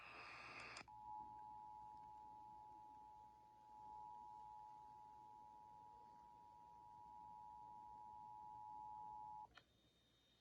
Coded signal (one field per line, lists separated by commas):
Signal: Emergency Alert System (SAME) tones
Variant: 853 and 960 Hz attention tone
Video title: EAS #159/170 - Minnesota Required Monthly Test (Dec 6, 2023)